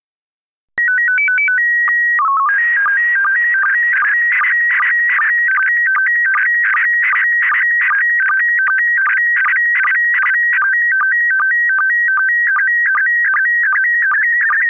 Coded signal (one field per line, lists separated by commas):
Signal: SSTV (slow-scan television)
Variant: PD 50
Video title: Daily Minutes, 10 februari 2019 (O.a. vier SSTV-beelden)